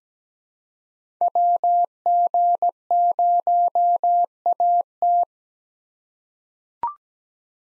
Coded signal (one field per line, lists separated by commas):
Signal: Morse code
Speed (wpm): 17 wpm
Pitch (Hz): 700 Hz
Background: none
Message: WG0AT